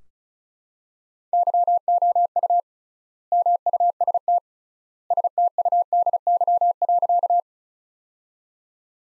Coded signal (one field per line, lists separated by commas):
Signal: Morse code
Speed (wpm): 36 wpm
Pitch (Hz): 700 Hz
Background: none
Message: YOU MUST STUDY.